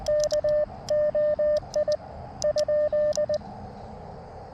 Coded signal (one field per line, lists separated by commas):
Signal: Morse code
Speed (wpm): 19 wpm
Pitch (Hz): 600 Hz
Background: radio noise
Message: KOI ?